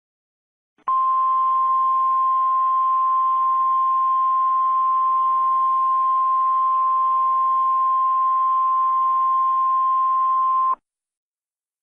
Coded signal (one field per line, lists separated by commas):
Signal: Emergency Alert System (SAME) tones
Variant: 1050 Hz attention tone